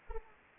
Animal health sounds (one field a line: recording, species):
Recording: mosquito wingbeat signal from an infrared sensor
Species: Anopheles arabiensis